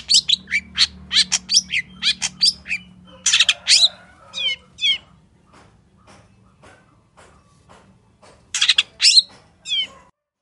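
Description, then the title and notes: Long-tailed shrike song with rapid rasping notes and downslurred whistles, fading to soft scattered ticks, then a final loud scratchy burst. Wild local long-tailed shrike singing in the morning with varied 'toet toet' notes; full song used as a master recording for training and provoking caged birds to sing. "Cendet Gacor Dor Di Kala Pagi Toet Toet Variasi Suara. MASTERAN CENDET LOKAL ALAM GACOR FULL ISIAN BUAT PANCINGAN. Burung cendet"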